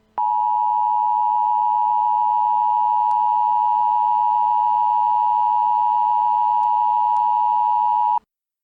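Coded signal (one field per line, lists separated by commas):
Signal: Emergency Alert System (SAME) tones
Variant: 853 and 960 Hz attention tone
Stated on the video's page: Fictional EAS scenario in which a pulsar passes Earth.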